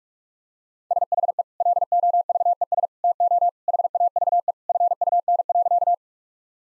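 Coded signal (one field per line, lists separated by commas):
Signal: Morse code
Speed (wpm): 42 wpm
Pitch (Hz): 700 Hz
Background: none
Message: SHE LOVES TO HAVE FUN.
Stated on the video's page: Head-copy practice of sentences containing common two-word phrases, sent at 45 wpm, then repeated.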